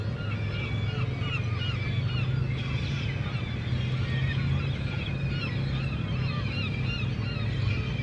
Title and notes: 3 Quai des Paquebots, 76470 Le Tréport, France - Seagulls and motorcycles. Mouettes et motos